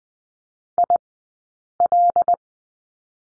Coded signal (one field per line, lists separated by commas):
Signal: Morse code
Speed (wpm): 20 wpm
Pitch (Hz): 700 Hz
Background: none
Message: IL